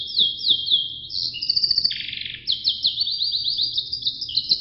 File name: suara sangerxkenarirusia